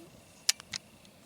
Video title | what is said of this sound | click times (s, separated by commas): Breek Arms Breek Lok 3QD hub system | see it pop loose easy peasy | 0.5 s